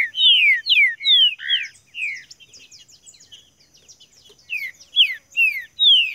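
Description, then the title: Green-winged saltator song of loud falling whistled phrases, a softer patch of high twittering in the middle, then strong slurred whistles returning. Song played to warm up a competition bird, calling, singing and showing male challenge behaviour. "Esse É PERFEITO Para ESQUENTAR Seu TRINCA Piando, Cantando E Macheando Na DISPUTA. TRINCA FERRO CANTANDO MUITO PARA ESQUENTAR TRINCA FERRO"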